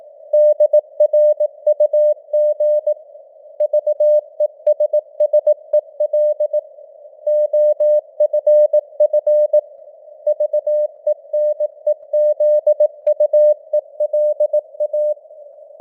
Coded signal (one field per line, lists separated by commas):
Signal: Morse code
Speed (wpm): 18 wpm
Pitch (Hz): 600 Hz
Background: none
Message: DRUG VESSEL OFF VENEZUELA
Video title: Morse Code News | 2025-10-15 | 18wpm